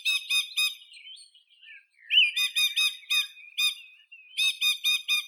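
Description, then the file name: Song thrush song with harsh, clipped notes in quick groups of up to five, broken by a softer twittering passage. "Drozd pevchij Turdus philomelos"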